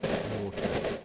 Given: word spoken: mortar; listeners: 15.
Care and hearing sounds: one English word in noise, from a listening test; noise modulated by three-talker babble; -5.2 dB; 1 of 15; 13 of 15; 0.65 s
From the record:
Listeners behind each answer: 13, 1, 1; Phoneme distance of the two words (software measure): 10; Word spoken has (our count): 2 syllables, 4 phonemes, stress on syllable 1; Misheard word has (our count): 2 syllables, 4 phonemes, stress on syllable 1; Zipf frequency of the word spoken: 3.65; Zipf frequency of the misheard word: 5.53

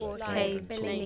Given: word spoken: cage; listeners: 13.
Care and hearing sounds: one English word in noise, from a listening test; four-talker babble; 0.1 dB; 1 of 13; 6 of 13; 0.66 s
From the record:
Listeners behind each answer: 6, 2, 2, 1, 1, 1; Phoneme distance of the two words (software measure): 20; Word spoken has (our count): 1 syllable, 3 phonemes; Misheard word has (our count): 1 syllable, 3 phonemes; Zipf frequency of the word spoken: 4.03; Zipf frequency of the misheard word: 3.59

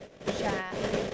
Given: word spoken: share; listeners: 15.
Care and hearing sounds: one English word in noise, from a listening test; noise modulated by three-talker babble; -5.8 dB; 3 of 15; 8 of 15; 0.74 s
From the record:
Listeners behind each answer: 8, 3, 1, 1, 1, 1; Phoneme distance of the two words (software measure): 10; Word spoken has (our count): 1 syllable, 2 phonemes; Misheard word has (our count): 1 syllable, 2 phonemes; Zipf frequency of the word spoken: 4.92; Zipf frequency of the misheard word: 4.66

